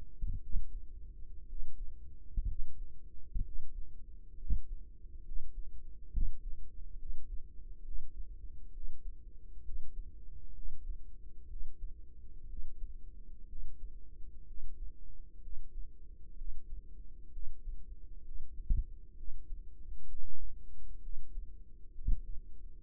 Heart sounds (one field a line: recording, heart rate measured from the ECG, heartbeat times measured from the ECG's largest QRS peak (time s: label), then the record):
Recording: heart sounds by microphone in the right ear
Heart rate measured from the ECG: 64 bpm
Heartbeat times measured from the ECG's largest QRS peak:
0.41 s: heartbeat
1.47 s: heartbeat
2.46 s: heartbeat
3.43 s: heartbeat
4.37 s: heartbeat
5.23 s: heartbeat
6.11 s: heartbeat
6.97 s: heartbeat
7.83 s: heartbeat
8.72 s: heartbeat
9.63 s: heartbeat
10.53 s: heartbeat
11.48 s: heartbeat
12.47 s: heartbeat
13.47 s: heartbeat
14.46 s: heartbeat
15.41 s: heartbeat
16.36 s: heartbeat
17.31 s: heartbeat
18.23 s: heartbeat
19.16 s: heartbeat
20.07 s: heartbeat
21.01 s: heartbeat
21.93 s: heartbeat
22.82 s: heartbeat
From the record:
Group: healthy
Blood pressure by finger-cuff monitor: 93/47 mmHg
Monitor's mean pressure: 61 mmHg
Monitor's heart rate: 63 bpm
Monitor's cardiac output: 6 L/min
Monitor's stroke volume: 95 mL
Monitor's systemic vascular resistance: 710 dyn s/cm5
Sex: female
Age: 22 years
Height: 157 cm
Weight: 47.6 kg